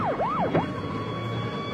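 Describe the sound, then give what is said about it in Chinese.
A police car siren, as the police arrive, wails in rapid rising-and-falling sweeps for about half a second, then settles into a steady tone over a rumble of traffic noise. “哎呀，好了，警察来了，警察来了！”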